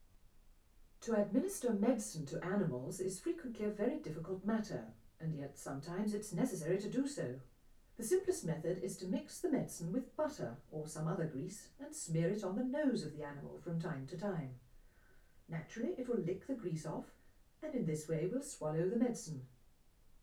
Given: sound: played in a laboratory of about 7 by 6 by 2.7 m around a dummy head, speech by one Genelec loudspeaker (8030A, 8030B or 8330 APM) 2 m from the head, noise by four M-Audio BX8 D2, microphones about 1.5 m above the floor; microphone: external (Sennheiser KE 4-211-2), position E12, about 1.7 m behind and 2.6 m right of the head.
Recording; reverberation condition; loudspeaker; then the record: female speech in English; low; 150 degrees to the left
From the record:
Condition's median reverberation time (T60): about 310 ms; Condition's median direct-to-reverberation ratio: about 3.5 dB